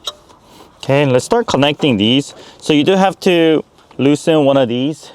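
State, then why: Seated. A plastic amplifier harness connector is pushed firmly into the mating vehicle radio wiring connector next to a black connector behind the radio of a 2024 Toyota Tacoma. A single sharp click at 0.1 s shows it seating, and someone talks afterward.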